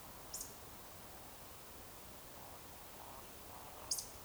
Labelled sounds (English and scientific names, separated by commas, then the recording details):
Eurasian Woodcock (Scolopax rusticola) whistle, Eurasian Woodcock (Scolopax rusticola) croak
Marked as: whistle, croak, whistle
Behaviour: display flight
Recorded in Baden-Württemberg, Germany, on 12 June 2020 at 20:13 UTC
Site 43791, 788 m above sea level